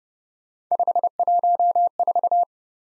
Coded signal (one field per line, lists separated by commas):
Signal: Morse code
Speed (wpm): 29 wpm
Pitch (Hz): 700 Hz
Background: none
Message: 514